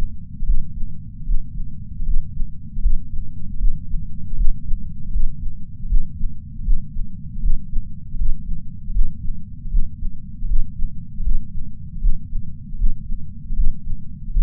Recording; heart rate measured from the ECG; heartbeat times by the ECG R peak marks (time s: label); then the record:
heart sounds by patch sensor on the chest; 78 bpm
0.42 s: heartbeat
1.22 s: heartbeat
2.01 s: heartbeat
2.78 s: heartbeat
3.55 s: heartbeat
4.33 s: heartbeat
5.08 s: heartbeat
5.88 s: heartbeat
6.60 s: heartbeat
7.38 s: heartbeat
8.14 s: heartbeat
8.89 s: heartbeat
9.67 s: heartbeat
10.44 s: heartbeat
11.20 s: heartbeat
11.97 s: heartbeat
12.74 s: heartbeat
13.52 s: heartbeat
14.29 s: heartbeat
From the record:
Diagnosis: coronary artery disease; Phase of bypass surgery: intraoperative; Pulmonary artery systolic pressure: 21 mmHg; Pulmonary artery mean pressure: 15 mmHg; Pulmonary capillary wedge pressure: 10 mmHg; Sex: male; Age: 65 years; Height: 170 cm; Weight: 65 kg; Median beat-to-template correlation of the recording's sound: 0.94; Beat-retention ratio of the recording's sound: 0.99